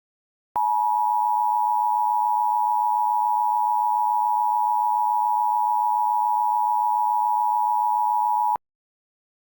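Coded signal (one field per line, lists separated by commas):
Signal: Emergency Alert System (SAME) tones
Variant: 853 and 960 Hz attention tone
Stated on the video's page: Fictional Looney Tunes-themed EAS scenario that uses valid SAME tones.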